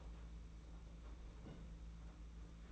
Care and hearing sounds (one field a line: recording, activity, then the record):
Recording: daily activity, microphone in the room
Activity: place on stove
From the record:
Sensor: 1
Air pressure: 992.0 hPa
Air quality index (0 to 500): 216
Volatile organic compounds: 1000 ppm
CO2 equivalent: 8410 ppm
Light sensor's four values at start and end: 22/77/30/30 and 22/77/30/30